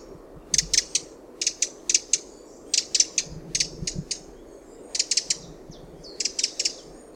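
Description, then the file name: Eurasian wren calling with loud, rattling clicks in tight groups of two to four, steadily repeated, over low background rumble. "Troglodytes troglodytes"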